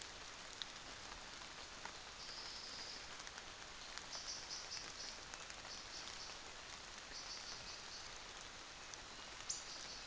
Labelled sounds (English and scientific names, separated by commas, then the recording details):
North Island Saddleback (Philesturnus rufusater)
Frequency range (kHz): North Island Saddleback (Philesturnus rufusater) 2.5-3.0 kHz
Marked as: faintness 5/5
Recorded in New Zealand on 24 December 2018
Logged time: 06:00